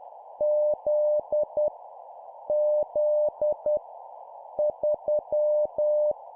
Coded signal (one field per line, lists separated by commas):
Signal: Morse code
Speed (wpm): 10 wpm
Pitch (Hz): 600 Hz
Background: none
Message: Z Z 3